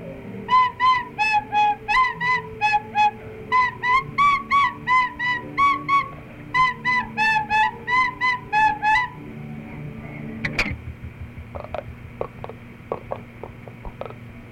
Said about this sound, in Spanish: La canción que va a tocar Alejandro es la primera que aprendió en flauta, que se llama Ya lloviendo está.